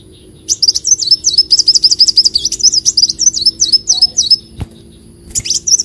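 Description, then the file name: Leafbird song: a fast run of high, looping whistled notes lasting about four seconds, then a brief high burst after a pause. "Tieng chim xanh tim"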